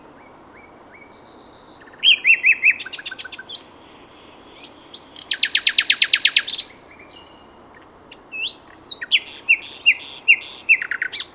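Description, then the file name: Common nightingale song in three bursts: thin high whistles and slurred notes, a very fast rattling trill, then a varied run of repeated slurred notes. "Luscinia megarhynchos"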